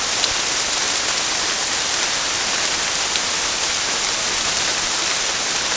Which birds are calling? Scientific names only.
none